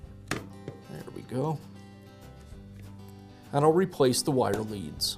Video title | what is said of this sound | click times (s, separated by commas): DeWALT Hammer Drill Repair - How to Replace the Motor | sure it lines up with the housings it'll kind of snap in place when everything's aligned there we go | 0.3 s